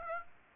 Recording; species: mosquito wingbeat signal from an infrared sensor; Aedes aegypti